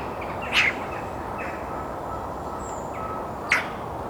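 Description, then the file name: Eurasian magpie making two short, harsh calls three seconds apart, with faint high bird notes and low hiss behind. "Pica pica"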